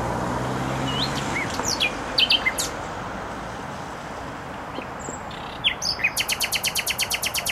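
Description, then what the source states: Nightingale singing scattered whistles and clicks, ending in a fast, even trill of repeated notes, with heavy traffic noise throughout. Singing in bushes close to a noisy motorway, Trasa Toruńska, Bródno-Podgrodzie, Warsaw, Poland; recorded with an Olympus LS-11.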